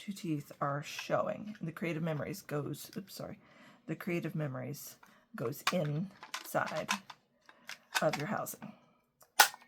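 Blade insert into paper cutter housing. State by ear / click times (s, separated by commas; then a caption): seated / 9.4 s. Someone talks while a Creative Memories plastic cutting blade insert for a paper-trimming cutter is pushed into its plastic housing. One sharp, loud snap is heard at 9.4 s as the insert clicks and seats in the housing.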